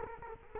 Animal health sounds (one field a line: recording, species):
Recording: mosquito wingbeat signal from an infrared sensor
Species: Culex quinquefasciatus